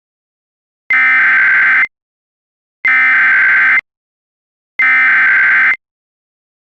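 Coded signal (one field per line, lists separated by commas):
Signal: Emergency Alert System (SAME) tones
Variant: header bursts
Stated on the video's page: Simulated EAS scenario.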